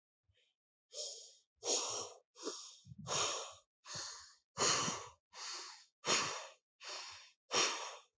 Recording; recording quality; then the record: shallow breathing; excellent, no background noise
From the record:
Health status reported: healthy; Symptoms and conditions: hypertension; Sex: male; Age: 37 years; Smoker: yes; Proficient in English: yes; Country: India